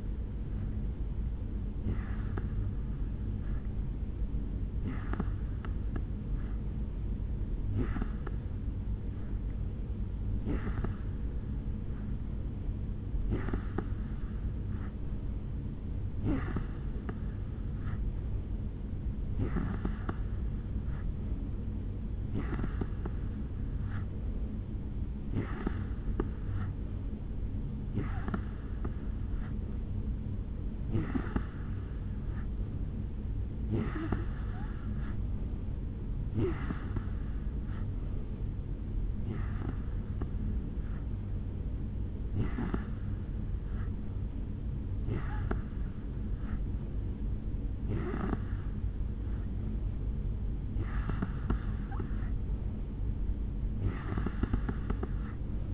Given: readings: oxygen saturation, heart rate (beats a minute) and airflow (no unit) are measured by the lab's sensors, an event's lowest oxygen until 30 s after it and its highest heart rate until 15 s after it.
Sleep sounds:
breathing in sleep by a smartphone at the bedside; none
none scored
From the record:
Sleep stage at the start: N2 (light sleep); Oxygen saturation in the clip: 86 to 88%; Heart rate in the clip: 70 to 73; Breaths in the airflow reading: 20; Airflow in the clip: -4.2 to 2.8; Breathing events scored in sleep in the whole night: 449 in 7.0 hours asleep

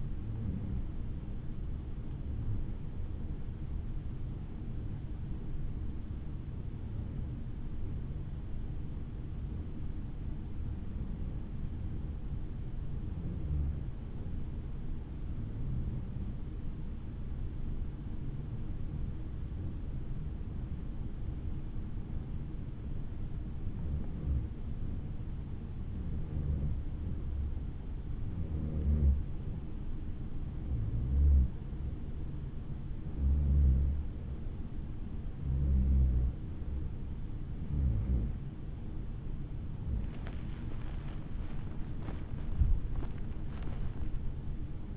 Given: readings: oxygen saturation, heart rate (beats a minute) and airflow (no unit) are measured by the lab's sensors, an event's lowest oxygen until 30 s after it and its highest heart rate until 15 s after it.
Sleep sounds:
breathing in sleep by a smartphone at the bedside; 1
4.00-37.20 s: hypopnea (REM, oxygen 95% highest, then 93% lowest, heart rate 60 at the start, 81 highest)
From the record:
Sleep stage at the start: REM sleep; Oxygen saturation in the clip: 93 to 95%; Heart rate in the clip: 59 to 80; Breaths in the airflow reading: 20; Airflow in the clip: -7.9 to 9.5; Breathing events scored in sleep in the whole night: 216 in 7.0 hours asleep

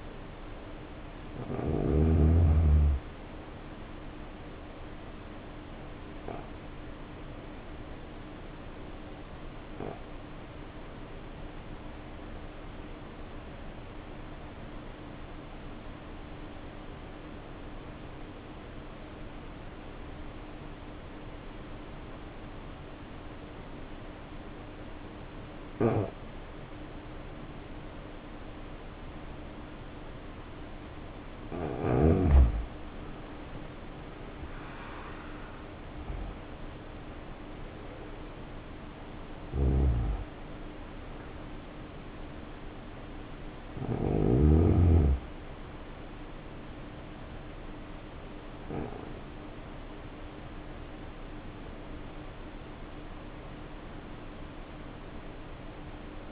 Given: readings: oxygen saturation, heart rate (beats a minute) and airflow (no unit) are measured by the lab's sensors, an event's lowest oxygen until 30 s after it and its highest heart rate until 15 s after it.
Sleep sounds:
breathing in sleep by a voice recorder at the bedside; 1
8.00-32.70 s: obstructive apnea (N1, oxygen 93% highest, then 80% lowest, heart rate 63 at the start, 71 highest)
From the record:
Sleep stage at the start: N1 (lightest sleep); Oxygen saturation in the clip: 81 to 95%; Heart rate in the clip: 53 to 71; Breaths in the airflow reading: 5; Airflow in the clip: -9.9 to 9.7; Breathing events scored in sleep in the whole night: 520 in 7.2 hours asleep

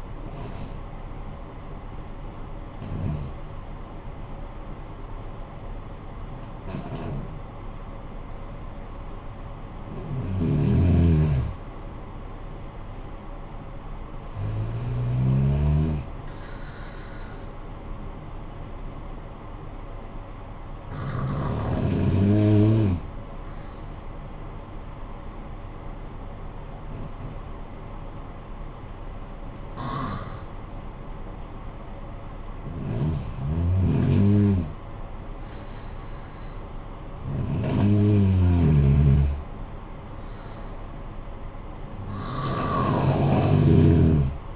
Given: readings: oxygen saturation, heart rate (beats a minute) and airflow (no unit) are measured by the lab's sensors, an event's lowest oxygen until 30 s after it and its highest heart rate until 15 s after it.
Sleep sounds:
breathing in sleep by a smartphone at the bedside; 1
24.00-35.40 s: hypopnea (N1, oxygen 94% highest, then 91% lowest, heart rate 49 at the start, 63 highest)
From the record:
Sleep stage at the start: N1 (lightest sleep); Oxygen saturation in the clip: 74 to 95%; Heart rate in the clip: 44 to 63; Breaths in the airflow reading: 8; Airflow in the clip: -10.0 to 16.1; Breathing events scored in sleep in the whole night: 445 in 7.6 hours asleep

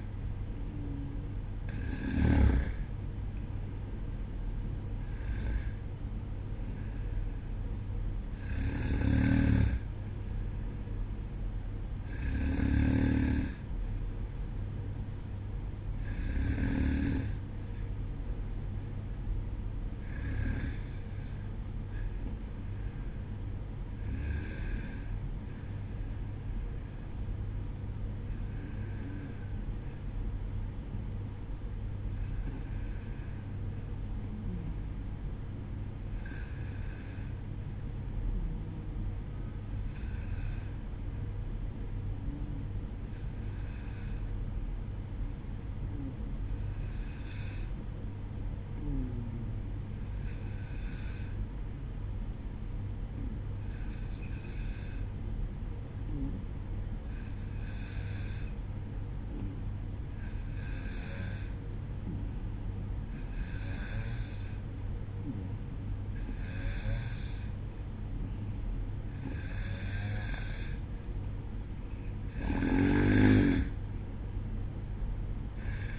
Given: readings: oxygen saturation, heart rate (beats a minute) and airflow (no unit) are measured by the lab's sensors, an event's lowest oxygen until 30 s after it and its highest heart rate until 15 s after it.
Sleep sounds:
breathing in sleep by a smartphone at the bedside; 1
3.00-33.00 s: new sleep stage, N1 (lightest sleep)
31.00-63.90 s: hypopnea (N1, oxygen 95% highest, then 92% lowest, heart rate 58 at the start, 63 highest)
33.00-63.00 s: new sleep stage, N2 (light sleep)
63.00-75.99 s: new sleep stage, awake
68.00-75.99 s: awake
From the record:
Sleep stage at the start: N2 (light sleep); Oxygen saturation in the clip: 92 to 95%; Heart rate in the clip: 58 to 64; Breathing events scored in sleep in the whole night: 305 in 9.6 hours asleep

